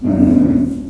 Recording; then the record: squeal of a Yucatan mini pig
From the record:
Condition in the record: after surgery on the right vocal fold (resection and tissue-engineered implant); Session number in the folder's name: 5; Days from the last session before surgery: 33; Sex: female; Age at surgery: 19 weeks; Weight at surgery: 25 kg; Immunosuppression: prednisolone